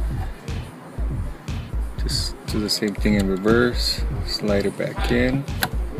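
The base of a 2011 Honda Civic rearview mirror is being slid back onto its windshield mount bracket, in reverse of removal, while someone talks over background music. Faint short taps are heard around 0.5 and 1.5 seconds. The clip ends before the mirror clicks into place, so nothing has seated or clicked yet.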